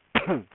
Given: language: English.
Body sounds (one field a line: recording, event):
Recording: throat vibration sensor signal played as sound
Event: cough